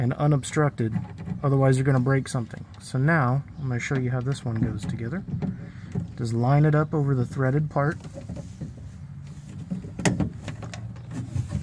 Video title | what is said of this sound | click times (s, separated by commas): How to change a door lock actuator on a 2006 CTS V | that's it press it until you hear the click | 10.1 s